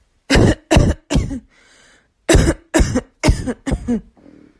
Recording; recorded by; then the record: voluntary cough; messaging app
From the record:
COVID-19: negative